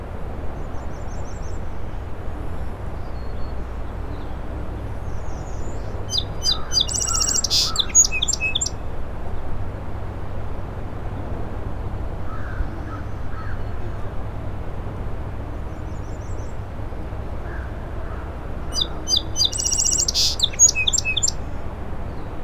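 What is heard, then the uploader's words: A song sparrow sings two bright, busy phrases near 7 and 19 seconds over a steady low rumble of wind or surf. Song Sparrow. In shrub on causeway to Little Moose Island. Mostly Sunny 60 degrees incoming tide Fostex FR2 recorder, Sennheiser ME 64.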